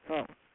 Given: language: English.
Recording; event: throat vibration sensor signal played as sound; speech